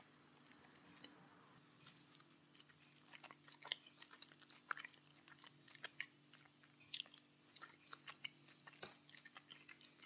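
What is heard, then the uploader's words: A person eating, with frequent small crunchy and wet chewing clicks scattered irregularly across the whole stretch. Sharper bites stand out near the two-second mark, around seven seconds and near nine seconds. A steady low hum runs underneath throughout. A PERSON EATING.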